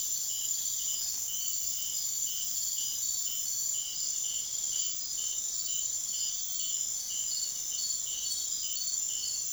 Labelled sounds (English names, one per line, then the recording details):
none
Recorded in secondary vegetation near Puerto Asís, Putumayo, Colombia, on 24 June 2025 at 02:30
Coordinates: 0.500, -76.326
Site GP08